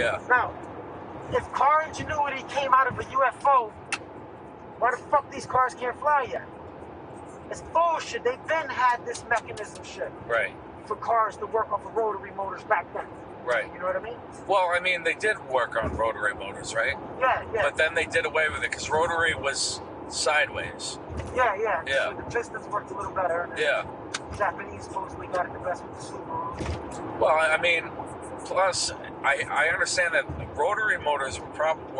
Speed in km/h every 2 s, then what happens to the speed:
100, 100, 101, 101, 101, 101, 101, 101, 103, 101, 103, 103, 103, 103, 103, 105.
0-32 steady at about 101.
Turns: none.